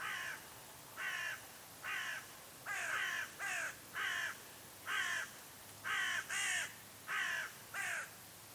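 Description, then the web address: Bird giving harsh, cawing calls in a steady series, about a dozen notes spaced roughly half a second to a second apart. "cianscape. Deverinetal 2025. Bird Only"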